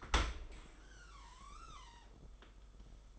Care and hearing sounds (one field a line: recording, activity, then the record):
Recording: daily activity, microphone in the room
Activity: open dishwasher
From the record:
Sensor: 5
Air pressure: 991.5 hPa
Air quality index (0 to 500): 117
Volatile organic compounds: 38 ppm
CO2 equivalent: 3118 ppm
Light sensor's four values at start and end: 39/125/47/51 and 40/126/48/51